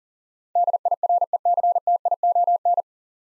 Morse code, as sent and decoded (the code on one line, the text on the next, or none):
-.. .. .-. . -.-. - .. --- -.
DIRECTION